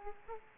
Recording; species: mosquito wingbeat signal from an infrared sensor; Aedes aegypti